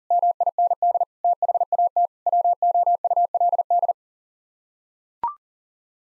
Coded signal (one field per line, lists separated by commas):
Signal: Morse code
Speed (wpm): 40 wpm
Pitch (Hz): 700 Hz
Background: none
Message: MIND THAT WOULD